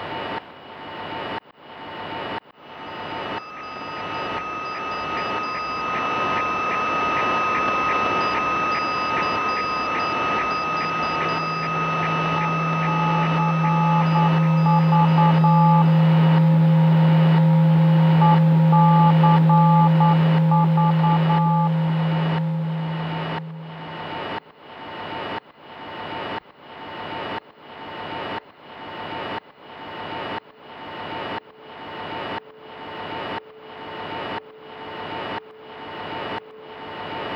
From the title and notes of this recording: I recorded a SW radio sweep, following and listening in on how the eclipse was affecting short-wave radio propagation. Samples were selected from this sweep, and a Game of Life algorithm was used to sequence them, presenting the listener with a peculiar "walk" through the radio spectrum.